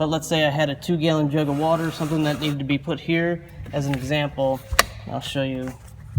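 Someone talks while handling a cargo management divider in a BMW's trunk, readying it to go into its floor mount to hold a two-gallon jug of water in place. Brief music and a sharp knock near the end are heard, but the divider has not seated or clicked into place yet.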